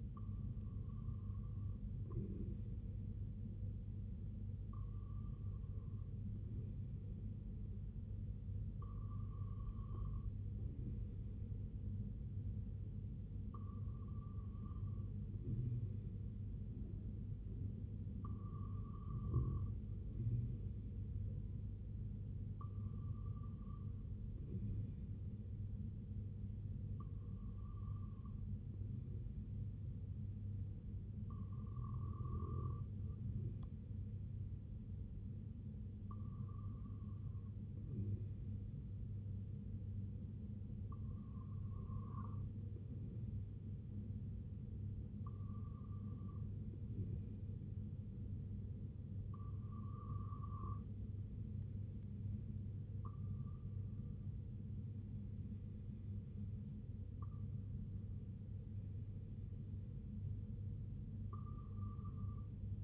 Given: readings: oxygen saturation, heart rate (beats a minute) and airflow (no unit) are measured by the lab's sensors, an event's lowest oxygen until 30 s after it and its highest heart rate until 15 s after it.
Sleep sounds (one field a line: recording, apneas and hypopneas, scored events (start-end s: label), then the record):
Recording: breathing in sleep by a smartphone at the bedside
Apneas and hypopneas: 2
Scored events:
5.00-28.20 s: hypopnea (REM, oxygen 98% highest, then 95% lowest, heart rate 62 at the start, 64 highest)
38.00-53.40 s: hypopnea (REM, oxygen 97% highest, then 94% lowest, heart rate 61 at the start, 78 highest)
From the record:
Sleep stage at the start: REM sleep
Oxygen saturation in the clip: 95 to 98%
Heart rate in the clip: 59 to 78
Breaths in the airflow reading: 15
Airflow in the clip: -6.4 to 5.4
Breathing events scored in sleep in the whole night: 258 in 7.4 hours asleep